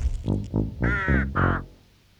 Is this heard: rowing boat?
no